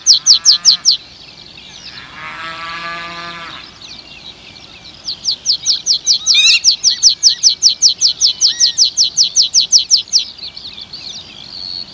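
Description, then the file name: Meadow pipit song: a quick series of thin, high notes, a buzzy sound in between, then a longer, even series of piping notes. "graspieper"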